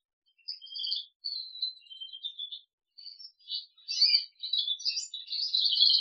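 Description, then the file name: Crested canary singing in short, separate warbled phrases with small gaps, building into a louder, denser rolling trill at the end. "kenari jambul"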